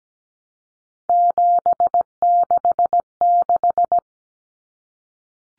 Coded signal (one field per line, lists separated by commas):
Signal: Morse code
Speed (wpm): 17 wpm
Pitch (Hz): 700 Hz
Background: none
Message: 766